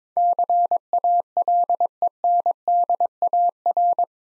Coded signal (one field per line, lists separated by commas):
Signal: Morse code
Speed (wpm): 24 wpm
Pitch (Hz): 700 Hz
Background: none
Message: CALENDAR